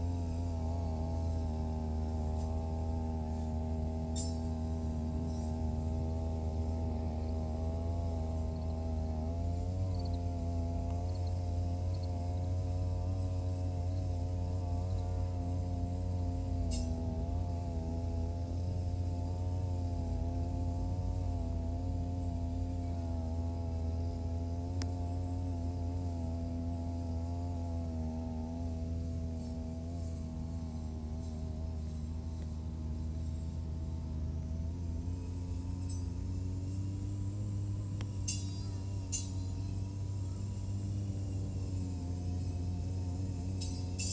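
A brush cutter's engine drones steadily and low for the whole stretch, with a few sharp ticks and clicks around 4, 17 and 38 seconds.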